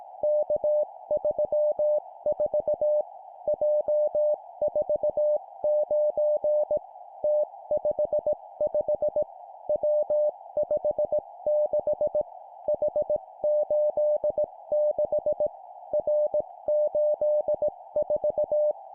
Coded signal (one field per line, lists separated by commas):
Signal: Morse code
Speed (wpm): 18 wpm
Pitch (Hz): 600 Hz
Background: music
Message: K34 J49 T55 W56 H86 R84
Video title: 17wpm Three letter words letter,number,number, cw morse code